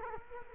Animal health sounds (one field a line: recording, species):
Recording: mosquito wingbeat signal from an infrared sensor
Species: Culex quinquefasciatus